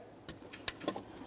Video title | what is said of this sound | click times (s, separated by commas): How to Replace Alternator 2004-2008 Ford F-150 5.4L V8 | After an audible click, a light tug confirming it's properly secured. | 0.7 s